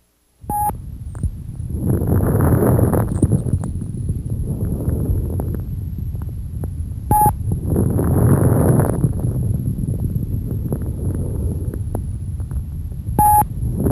High-pitched crackles. Crackles are due to the sudden opening of very small airways.